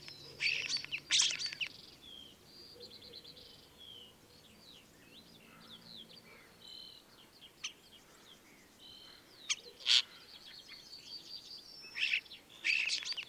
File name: life dviete. sturnus vulgaris